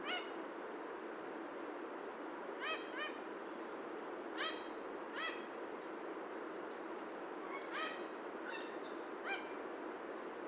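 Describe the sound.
Horned parakeet giving several harsh, nasal calls with stacked harmonics, some in quick pairs, spaced irregularly against constant background hiss.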